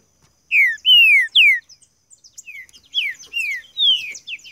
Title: Esse É PERFEITO Para ESQUENTAR Seu TRINCA Piando, Cantando E Macheando Na DISPUTA. TRINCA FERRO CANTANDO MUITO PARA ESQUENTAR TRINCA FERRO